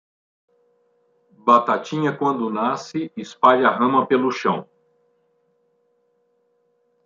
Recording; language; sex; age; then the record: short text; Brazilian Portuguese; male; 60 to 69 years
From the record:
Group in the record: control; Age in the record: 66 years